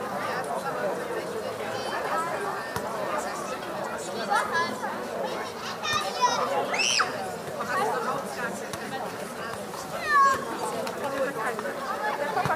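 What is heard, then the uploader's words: Children play at a playground, a dense, steady mix of overlapping voices and chatter throughout. A few high shouts and squeals rise above the crowd, notably around six to seven seconds and again near ten seconds, over a low constant background hum. Audio Journeys of Berlin: Summer Evening Joy and Child Play. Begin at the joyful hum of a children's playground.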